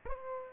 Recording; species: mosquito wingbeat signal from an infrared sensor; Aedes aegypti